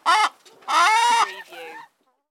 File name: Chickens Squawk